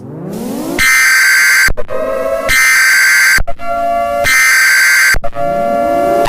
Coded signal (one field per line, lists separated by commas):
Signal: Emergency Alert System (SAME) tones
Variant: header bursts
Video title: SCP-966 Don't Sleep Emergency Alert System